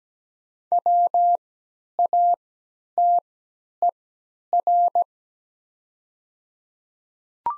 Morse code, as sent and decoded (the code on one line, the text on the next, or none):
.-- .- - . .-.
WATER